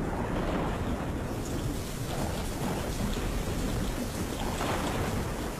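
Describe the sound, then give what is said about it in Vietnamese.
Heavy rain pours steadily outside, pattering against window glass, while a deep, continuous rumble of thunder and wind rolls underneath without a break; no one speaks. “ở bên ngoài một tiếng sấm đinh tai nhức óc vang lên. Gió thổi ù ù, hất những hạt mưa va lộp độp vào cửa kính.”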